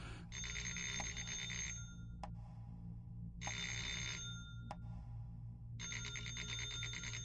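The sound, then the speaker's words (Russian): An old telephone bell in a living room rings in three long rattling bursts, each lasting over a second with short pauses between, its harsh metallic clatter loud over a low steady hum, with sharp clicks in the gaps. “Дребезжащий звонок разорвал тишину гостиной, заставив броситься к телефонному аппарату.”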